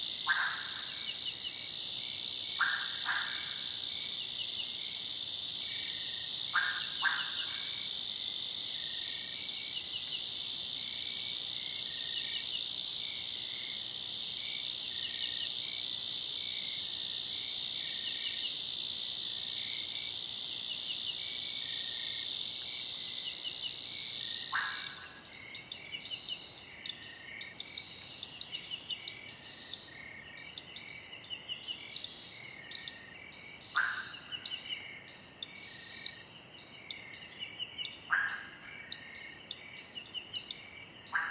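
Frogs call in a cloud forest, their high, shrill chorus trilling without a break. Louder single croaks or clicks stand out every few seconds, at the start and again near 25, 34 and 38 seconds. After about 25 seconds the chorus thins slightly.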